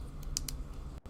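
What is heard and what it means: A plastic part from a PG Astray Red Frame model kit, turned the right way round, is pressed home into its assembly. Over a low background hum, faint ticks come at 0.2 s and 0.5 s, and a sharp bright snap at 0.4 s marks the part seating firmly in place.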